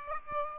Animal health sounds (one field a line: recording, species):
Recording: mosquito wingbeat signal from an infrared sensor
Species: Aedes aegypti